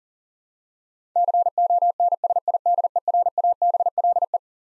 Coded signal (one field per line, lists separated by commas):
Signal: Morse code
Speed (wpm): 40 wpm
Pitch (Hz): 700 Hz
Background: none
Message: CONSIDERABLE